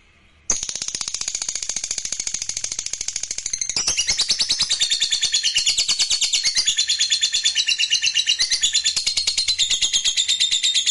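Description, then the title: Lovebird bursting into a fast, high chattering trill after a brief silence, continuing without pause and intensifying after about four seconds. Fighter lovebird giving the ngekek panjang, a long continuous trill. "Suara Lovebird FIGHTER NGEKEK PANJANG"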